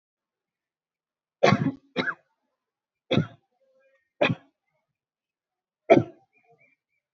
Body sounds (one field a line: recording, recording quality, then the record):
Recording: shallow voluntary cough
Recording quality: excellent, no background noise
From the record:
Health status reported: healthy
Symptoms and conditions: none ticked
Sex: female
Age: 32 years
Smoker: not ticked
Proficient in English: yes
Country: India